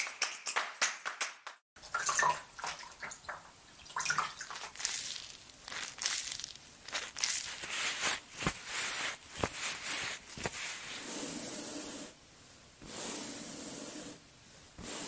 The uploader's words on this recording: ASMR Relaxing Massage (Cleansing, Face Touching, Body Mousse, Personal Attention, No Talking).